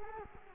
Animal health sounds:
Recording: mosquito wingbeat signal from an infrared sensor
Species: Culex quinquefasciatus

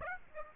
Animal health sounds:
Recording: mosquito wingbeat signal from an infrared sensor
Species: Aedes aegypti

